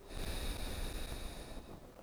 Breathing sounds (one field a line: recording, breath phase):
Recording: one breath near a microphone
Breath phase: exhalation